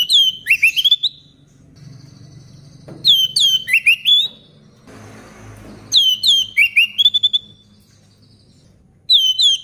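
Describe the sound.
Orange-headed thrush song: loud phrases of rich, varied whistles with sharp slurred notes, repeated roughly every three seconds, separated by pauses with faint background rumble and hiss.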